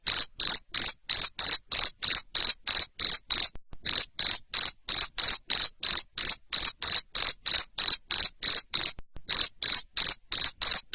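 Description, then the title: Loud cricket chirping: rapid, regular high-pitched pulses about three per second with a couple of short breaks. Loud cricket chirping used to make lovebirds sing continuously. "Suara JANGKRIK NGERIK Keras Bikin LOVEBIRD Jadi NGEKEK Terus Vubey"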